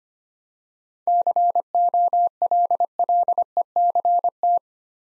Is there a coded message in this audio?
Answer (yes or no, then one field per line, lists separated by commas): yes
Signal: Morse code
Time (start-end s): 1.1-4.6 s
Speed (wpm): 25 wpm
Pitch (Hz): 700 Hz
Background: none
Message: COLLECT